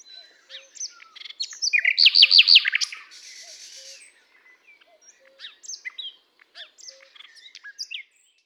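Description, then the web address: Common nightingale giving a loud, sharp burst of rapid chirps, followed by softer scattered clicks and twitters; faint low notes repeat quietly throughout. "SETE data Luscinia megarhynchos"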